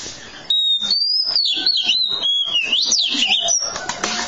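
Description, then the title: Oriental magpie-robin singing a continuous run of rich, fluty whistles that rise and fall, mixed with quick scratchy notes. "Kacer"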